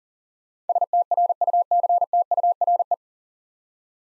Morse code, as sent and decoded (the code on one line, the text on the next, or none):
... - .-. ..- -.-. - ..- .-. .
STRUCTURE